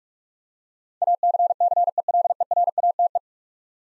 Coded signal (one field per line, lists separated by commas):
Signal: Morse code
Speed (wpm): 44 wpm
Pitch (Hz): 700 Hz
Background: none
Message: ACCELERATE